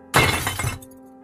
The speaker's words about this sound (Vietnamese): Và chỉ chờ có thế, Điền vớ ngay cái lọ hoa thủy tinh ở trên bàn rồi đập thẳng vào gáy của Dung.